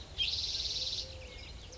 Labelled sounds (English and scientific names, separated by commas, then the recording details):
Spotted Towhee (Pipilo maculatus)
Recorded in Sonoma County, California